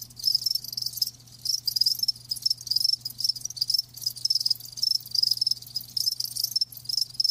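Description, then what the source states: Crickets chirping in dense, shrill pulsed trills, bursts repeating rapidly with short gaps, a low hum in the background. Live crickets chirping, a lulling song.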